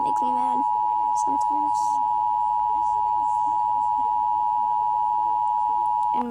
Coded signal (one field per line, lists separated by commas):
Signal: Emergency Alert System (SAME) tones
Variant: 853 and 960 Hz attention tone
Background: speech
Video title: REACTING to EAS ALARMS AROUND the WORLD..